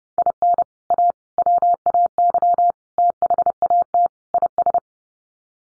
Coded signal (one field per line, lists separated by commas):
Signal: Morse code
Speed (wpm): 30 wpm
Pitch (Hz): 700 Hz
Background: none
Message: IN A WAY THAT IS